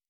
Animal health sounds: hydrophone in a shrimp aquaculture tank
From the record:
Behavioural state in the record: normal

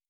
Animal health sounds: hydrophone in a shrimp aquaculture tank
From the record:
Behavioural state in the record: stressed

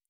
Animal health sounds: hydrophone in a shrimp aquaculture tank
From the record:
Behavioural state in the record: normal

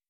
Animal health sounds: hydrophone in a shrimp aquaculture tank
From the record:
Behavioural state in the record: weakened

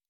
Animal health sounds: hydrophone in a shrimp aquaculture tank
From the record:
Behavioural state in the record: normal

